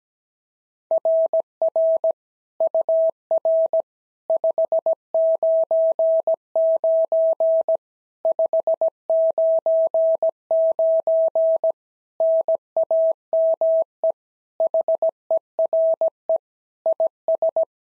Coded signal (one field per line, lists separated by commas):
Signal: Morse code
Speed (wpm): 16 wpm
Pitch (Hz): 650 Hz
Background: none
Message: RR UR 599 599 NAME HERE IS